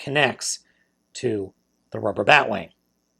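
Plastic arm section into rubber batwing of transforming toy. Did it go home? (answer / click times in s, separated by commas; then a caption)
no / none. A plastic arm section of a transforming toy is being handled and pushed down toward the rubber batwing it pegs onto, while someone talks in three short bursts. Nothing has seated or clicked yet; the part has not gone home by the end of the clip.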